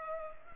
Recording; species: mosquito wingbeat signal from an infrared sensor; Culex pipiens